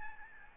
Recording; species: mosquito wingbeat signal from an infrared sensor; Aedes albopictus